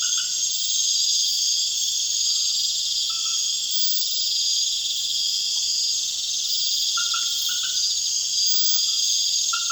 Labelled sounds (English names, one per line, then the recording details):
none
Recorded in pastures near Puerto Asís, Putumayo, Colombia, on 30 June 2025 at 19:30
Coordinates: 0.502, -76.324
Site G010